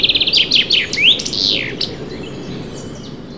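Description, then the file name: Common chaffinch song: a quick run of chips, a few descending notes, then an upward swoop and a final flourish, over background noise. "Fringilla coelebs"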